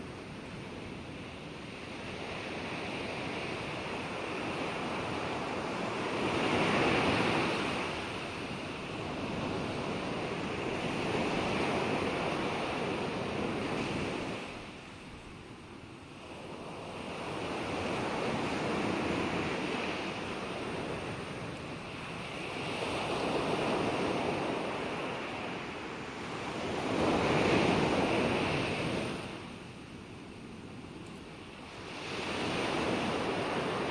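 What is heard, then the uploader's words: Waves roll onto an island shore in steady repeating surges, swelling and receding every several seconds, with a low wind rush underneath throughout. Island Waves.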